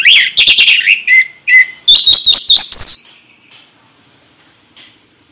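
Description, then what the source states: Orange-headed thrush song, a fast run of loud, high, varied whistled and trilled phrases over about three seconds, then fading to a few faint notes and quiet. Indonesian name anis merah; bird singing vigorously (gacor) in the ngeplong song style.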